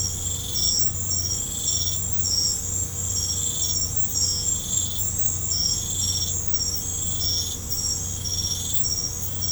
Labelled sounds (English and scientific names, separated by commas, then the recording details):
none
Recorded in pastures near Puerto Asís, Putumayo, Colombia, on 15 December 2024 at 21:00
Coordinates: 0.505, -76.324
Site G063